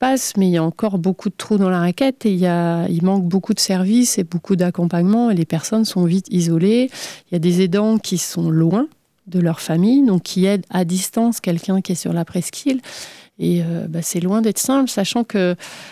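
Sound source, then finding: Adult woman speaking French. Normal speech.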